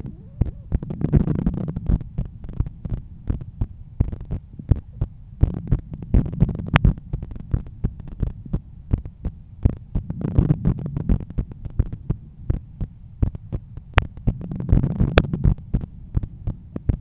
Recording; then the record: heart sounds by stethoscope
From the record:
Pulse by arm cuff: 82 bpm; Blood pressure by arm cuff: 129/85 mmHg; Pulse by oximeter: 85 bpm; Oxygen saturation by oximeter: 98%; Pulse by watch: 85 bpm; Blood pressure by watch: 126/80 mmHg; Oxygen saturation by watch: 96%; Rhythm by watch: sinus rhythm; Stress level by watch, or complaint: low stress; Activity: after 5 min smoking and 1 beer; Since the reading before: plus 4300 steps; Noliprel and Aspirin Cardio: after pills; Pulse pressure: 44 mmHg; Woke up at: 7:50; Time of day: 21:45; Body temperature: 36.5 C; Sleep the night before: 7 h 52 min, score 75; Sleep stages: REM 24%, light 55%, deep 12%, awake 9%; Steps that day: 9500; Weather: clear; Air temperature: 17.3 C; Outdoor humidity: 73%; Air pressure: 1013 hPa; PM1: 5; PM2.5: 9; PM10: 10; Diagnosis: hypertension, treated with Noliprel and Aspirin Cardio 100 mg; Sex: male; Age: 53 years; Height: 174 cm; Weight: 81 kg